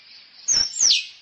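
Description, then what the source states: Squirrel call: a thin, high, level whistle followed by a shrill chirp that drops in pitch. Female squirrel calling for a mate.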